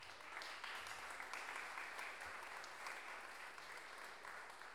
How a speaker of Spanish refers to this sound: Un aplauso también hacia el cielo al gran Pancho Astorga.